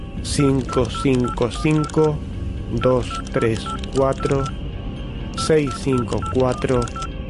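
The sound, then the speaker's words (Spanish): A telephone number is dialed with DTMF tones: quick runs of short, bright beeps in three bursts, each tone stepping to a different pitch, with brief pauses between the groups. “¿Puedo usar su teléfono? Con sumo placer.”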